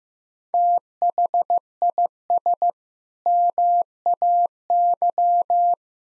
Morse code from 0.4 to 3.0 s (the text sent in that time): THIS